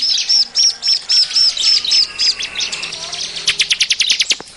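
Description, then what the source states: Bar-winged prinia calls: a run of high, clipped chirps repeated a few times a second, then a fast burst of sharp ticking notes near the end. Call used as a lure for trapping birds.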